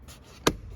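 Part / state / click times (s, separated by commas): trim panel into car door card / seated / 0.5 s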